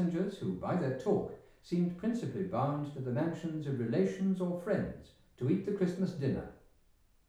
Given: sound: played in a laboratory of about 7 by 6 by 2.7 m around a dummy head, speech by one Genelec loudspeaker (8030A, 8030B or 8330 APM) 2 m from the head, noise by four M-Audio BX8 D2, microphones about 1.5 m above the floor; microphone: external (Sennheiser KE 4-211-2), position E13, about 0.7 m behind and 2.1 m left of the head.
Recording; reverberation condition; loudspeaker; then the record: male speech in English; medium; 60 degrees to the left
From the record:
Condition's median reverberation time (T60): about 510 ms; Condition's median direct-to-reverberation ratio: about -0.5 dB